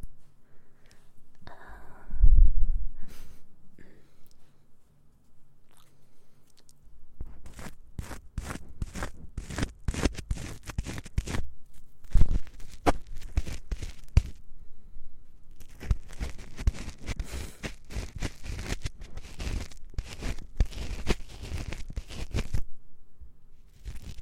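Wet mouth sounds and crackly ear-cleaning noises come in quick, dense bursts of clicks and smacks, with a brief low thump near the start. A pause follows around 12 seconds, then the rapid crackling resumes until about 22 seconds before fading to quiet.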